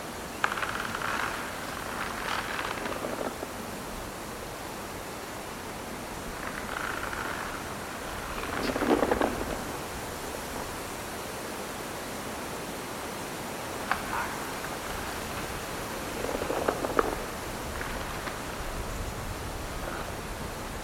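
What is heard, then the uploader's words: Trees creak in the wind over a steady rushing hiss. Groaning, strained creaks come in separate bursts every few seconds, loudest around the middle and near the end. A low rumble of gusts sits underneath throughout. Find peace in a forest with trees creaking on a windy day. Trees Creaking in the Wind.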